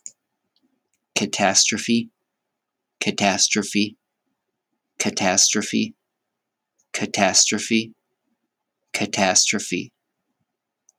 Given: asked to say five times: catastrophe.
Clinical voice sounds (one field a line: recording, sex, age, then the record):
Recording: repeated word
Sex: male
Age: 30 to 39 years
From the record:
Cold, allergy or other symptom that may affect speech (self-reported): no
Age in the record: 33 years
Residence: Utah, United States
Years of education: 12